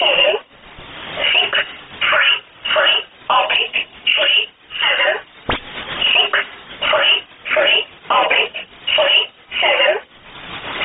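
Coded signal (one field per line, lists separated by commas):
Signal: numbers station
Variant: E11 Oblique, English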